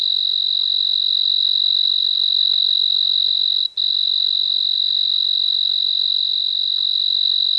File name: Oecanthus pictus – Recorded at 26 03 2011 – 24 degree Celsius